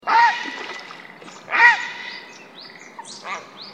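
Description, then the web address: Grey heron giving two harsh, croaking squawks about one and a half seconds apart, followed by faint chirps from other small birds. Recorded on 3 May 2013. "birdenaga aosagi 130503"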